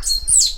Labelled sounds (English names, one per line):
Stitchbird song